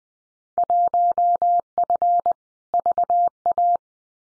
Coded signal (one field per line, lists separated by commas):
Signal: Morse code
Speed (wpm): 20 wpm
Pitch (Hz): 700 Hz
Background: none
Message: 1F VA